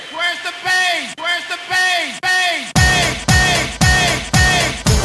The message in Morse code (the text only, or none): none